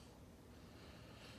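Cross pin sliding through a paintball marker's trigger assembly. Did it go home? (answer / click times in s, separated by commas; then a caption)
no / none. A metal cross pin is slid from right to left through the trigger assembly of a paintball marker while the trigger assembly is pushed down, during installation of a First Strike T15 full auto kit. Only faint, steady handling noise is heard over a low broadband hiss, with no sharp sounds. The pin has not clicked into place yet, and nothing has seated.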